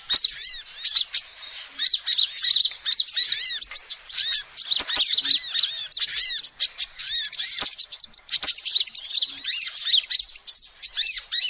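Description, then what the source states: Lovebird calls, a dense stream of high shrill chirps and arched squeaks in rapid bursts, with brief clicks between phrases. Lovebird call used as a lure to trap birds.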